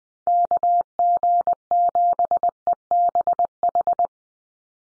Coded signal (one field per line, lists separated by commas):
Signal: Morse code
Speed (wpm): 20 wpm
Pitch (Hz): 700 Hz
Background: none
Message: KG7EBH